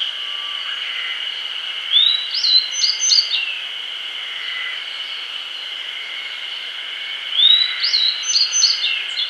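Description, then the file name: Grey bunting repeats a similar phrase twice, a rising whistle then several short high notes, over a constant drone. "Emberiza variabilis"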